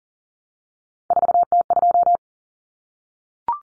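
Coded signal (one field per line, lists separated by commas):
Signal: Morse code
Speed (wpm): 40 wpm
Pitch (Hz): 700 Hz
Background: none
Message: 4T2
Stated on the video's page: Common three-digit cut numbers (T, A, N for 0, 1, 9) sent in Morse at 40wpm, each sent, spoken, then sent again for head-copy practice.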